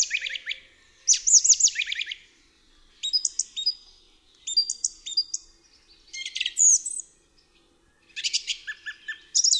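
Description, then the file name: Song thrush singing loud, varied phrases, some repeated two or three times: shrill whistles, rattles and chirpy notes with short pauses between them. "DROZD SPIEWAK"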